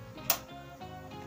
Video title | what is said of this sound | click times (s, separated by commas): Stüdyo Vlog - Yeni Yardımcılarım-Ayraç ve Kartpostalı Nasıl Baskı Yapıyorum? | oturdu tık sesini duyduk | 0.3 s